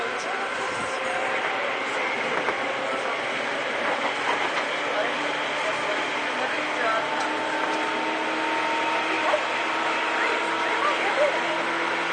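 A ride aboard an older Seibu 2000 series train between Seibu-Shinjuku and Hon-Kawagoe, with a steady, dense rumble of running gear and several long humming motor tones that hold and shift slowly. A few faint clicks and knocks surface throughout, and muffled voices seem mixed in.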